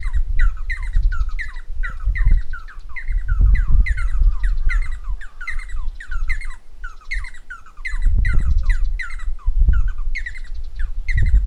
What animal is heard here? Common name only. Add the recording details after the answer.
Red-and-yellow Barbet. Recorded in northern Uganda